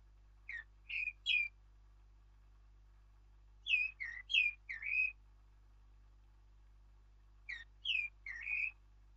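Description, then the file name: Eurasian blackcap song: three short phrases of clear, fluty whistled notes, spaced a few seconds apart over a low hum. "Sylvia atricapilla"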